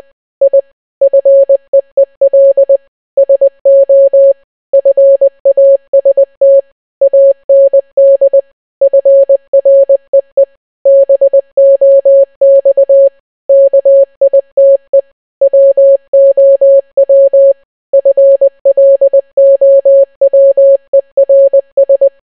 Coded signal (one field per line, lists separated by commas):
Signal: Morse code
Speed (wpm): 20 wpm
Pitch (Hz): 550 Hz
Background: none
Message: I FEEL SO FAST AND FREE BOX KITE WOW FLOWERS